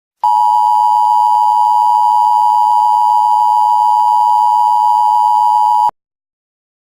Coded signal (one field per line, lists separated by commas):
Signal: Emergency Alert System (SAME) tones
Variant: 853 and 960 Hz attention tone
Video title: EAS Scenario#1: HALLOWEEN SPECIAL EAS